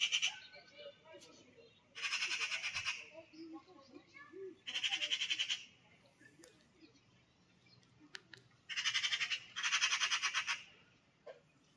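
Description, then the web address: Eurasian magpie rattling chatter in several loud harsh bursts, each about a second long, separated by quieter pauses. "cianscape birddata Deverinetal"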